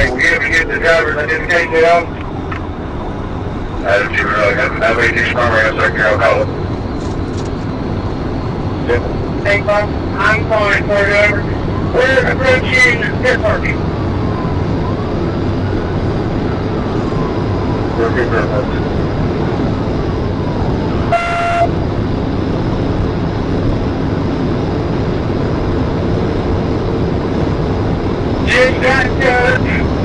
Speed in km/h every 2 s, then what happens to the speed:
143, 158, 171, 179, 187, 193, 200, 206, 211, 211, 208, 212, 216, 219, 219.
0-30 speeds up to 219.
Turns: none.